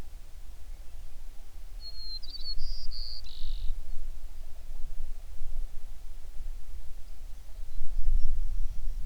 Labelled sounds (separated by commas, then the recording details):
songbird
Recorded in the Prudhoe Bay oil fields, Alaska, on 11 June 2019 at 05:12
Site 21